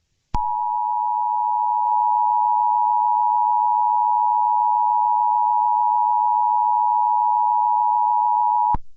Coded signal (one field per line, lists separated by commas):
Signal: Emergency Alert System (SAME) tones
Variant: 853 and 960 Hz attention tone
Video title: short eas scenario. scp 087b